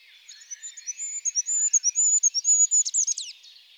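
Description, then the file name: Goldcrest singing one very high, thin phrase of quick repeated notes rising in strength and ending in a brief twittering flourish. Stereo recording. "ROITELET HUPPE"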